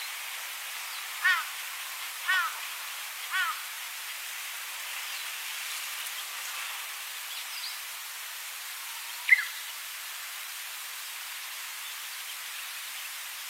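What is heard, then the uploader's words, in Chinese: Wind passes over grass in a steady, soft hiss with no deep rumble underneath. Three brief chirp-like calls come close together early on, about a second apart, and one sharp click or call stands out near the nine-second mark. 在草丛里悠闲地听着风吹过的声音。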